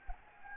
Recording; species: mosquito wingbeat signal from an infrared sensor; Anopheles gambiae